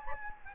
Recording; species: mosquito wingbeat signal from an infrared sensor; Anopheles gambiae